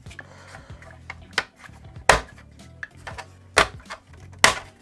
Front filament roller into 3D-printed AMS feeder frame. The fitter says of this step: and they just snap into place